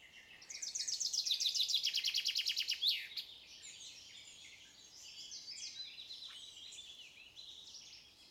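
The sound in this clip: Common chaffinch song: a bright run of rapidly repeated notes ending in a sharp flourish, then softer twittering.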